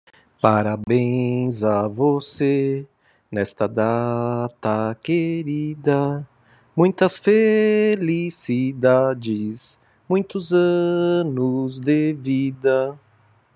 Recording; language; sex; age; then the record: short text; Brazilian Portuguese; male; 50 to 59 years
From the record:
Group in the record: control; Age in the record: 54 years